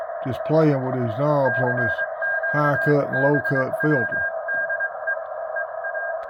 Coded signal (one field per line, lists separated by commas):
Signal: Morse code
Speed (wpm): 22 wpm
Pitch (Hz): 1600 Hz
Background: speech, radio noise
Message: CQ BW DE EA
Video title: Checking out a MTCRADIO exclusive! LDG AAF5 Analog noise filter! #mtc #mfj #ldg #hamradio #10meter